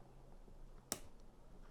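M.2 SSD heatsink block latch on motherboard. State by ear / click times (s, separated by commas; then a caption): seated / 0.9 s. After a first press leaves the notch not fully seated, the M.2 SSD heatsink block on a motherboard is pressed a little more and its notch latch is pushed home, sandwiching the SSD between the cooling block and thermal pads. A single sharp snap is heard at 0.9 s over a quiet background, and the latch is seated.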